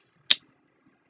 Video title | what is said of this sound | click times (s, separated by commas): transformers the last knight premiere edition optimus prime | forgot that's clicked into place yeah so | 0.3 s